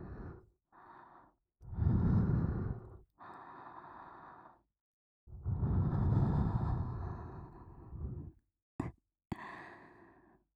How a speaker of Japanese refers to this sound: 熱い吐息ももう一回流し込んであげようか。